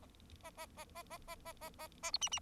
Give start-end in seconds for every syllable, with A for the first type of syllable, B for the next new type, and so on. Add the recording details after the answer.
0.43-0.50 A, 0.57-0.66 A, 0.77-0.84 A, 0.95-1.02 A, 1.10-1.18 A, 1.27-1.35 A, 1.45-1.52 A, 1.61-1.70 A, 1.79-1.87 A, 2.02-2.11 A, 2.13-2.18 B, 2.21-2.29 C, 2.31-2.39 C. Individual Bird4